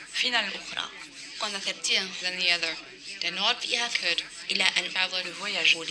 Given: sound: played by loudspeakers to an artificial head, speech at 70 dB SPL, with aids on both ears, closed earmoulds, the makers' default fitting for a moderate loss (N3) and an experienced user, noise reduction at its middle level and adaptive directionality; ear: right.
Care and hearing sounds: speech test signal (ISTS) in cocktail-party noise; +6 dB; in front (0 degrees)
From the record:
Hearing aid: class 1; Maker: B

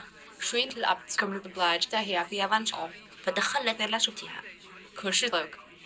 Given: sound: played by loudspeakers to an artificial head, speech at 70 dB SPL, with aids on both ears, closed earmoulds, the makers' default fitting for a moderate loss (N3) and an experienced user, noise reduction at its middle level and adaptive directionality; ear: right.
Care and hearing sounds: speech test signal (ISTS) in cocktail-party noise; +9 dB; on the right (90 degrees)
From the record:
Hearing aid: class 2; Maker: E

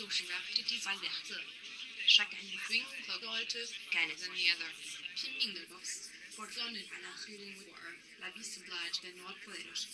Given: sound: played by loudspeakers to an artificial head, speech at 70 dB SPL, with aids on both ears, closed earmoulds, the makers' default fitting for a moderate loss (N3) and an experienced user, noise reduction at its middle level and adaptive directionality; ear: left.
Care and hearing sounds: speech test signal (ISTS) in cocktail-party noise; +6 dB; on the right (90 degrees)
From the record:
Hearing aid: class 2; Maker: J

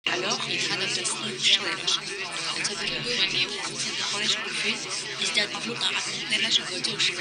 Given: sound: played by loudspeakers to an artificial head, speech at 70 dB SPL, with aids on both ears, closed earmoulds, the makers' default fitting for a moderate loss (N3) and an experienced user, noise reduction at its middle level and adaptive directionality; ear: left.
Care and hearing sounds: speech test signal (ISTS) in cocktail-party noise; -6 dB; in front (0 degrees)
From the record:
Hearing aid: class 2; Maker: A

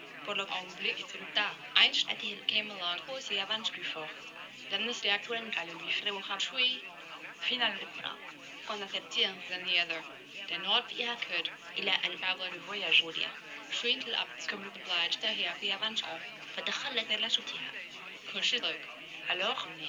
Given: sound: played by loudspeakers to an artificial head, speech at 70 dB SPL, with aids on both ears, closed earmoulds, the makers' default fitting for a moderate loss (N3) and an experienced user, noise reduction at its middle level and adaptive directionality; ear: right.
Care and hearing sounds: speech test signal (ISTS) in cocktail-party noise; +6 dB; in front (0 degrees)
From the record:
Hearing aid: class 1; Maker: G

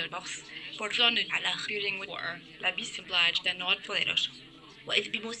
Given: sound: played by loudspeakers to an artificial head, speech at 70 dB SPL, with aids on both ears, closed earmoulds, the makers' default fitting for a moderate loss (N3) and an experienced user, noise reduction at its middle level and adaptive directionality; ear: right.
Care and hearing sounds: speech test signal (ISTS) in cocktail-party noise; +9 dB; in front (0 degrees)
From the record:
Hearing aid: class 1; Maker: C

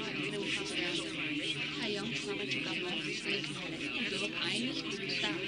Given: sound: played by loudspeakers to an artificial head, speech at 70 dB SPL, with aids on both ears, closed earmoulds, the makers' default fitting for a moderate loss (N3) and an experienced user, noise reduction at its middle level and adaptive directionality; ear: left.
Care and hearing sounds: speech test signal (ISTS) in cocktail-party noise; -3 dB; on the right (90 degrees)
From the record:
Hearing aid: class 2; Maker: D

